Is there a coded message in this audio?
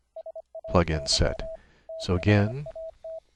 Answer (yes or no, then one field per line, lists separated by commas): yes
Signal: Morse code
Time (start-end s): 0.2-3.2 s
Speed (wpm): 25 wpm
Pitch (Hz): 650 Hz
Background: speech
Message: SAY THAT